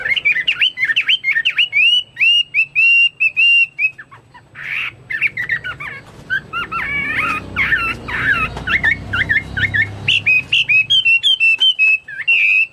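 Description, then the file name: Chinese hwamei song: rapid repeated whistled notes, then a dense tumbling medley of chirps, trills and slurred whistles, ending in a wavering whistle. "omkicau hwamei"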